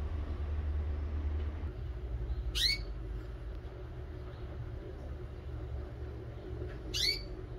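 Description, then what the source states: Canary calling twice, each note a short, sharply rising chirp, with a steady low rumble throughout. Female bird.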